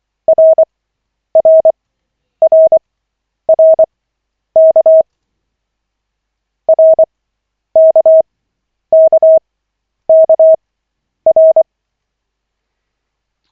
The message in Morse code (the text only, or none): RRRRK RKKKR